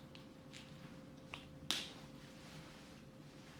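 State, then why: Seated. A replacement sunglasses lens for an Oakley Eye Jacket (Eye Jacket 1.0) is lined up with the far side of the plastic frame, slid into its groove and pushed in. A few faint ticks come first, then a sharp snap at 1.7 s as the lens seats in the frame.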